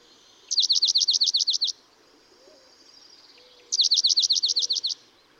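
Dark-eyed junco singing two even trills of quick slurred notes, roughly a second each, with a two-second quiet gap between them.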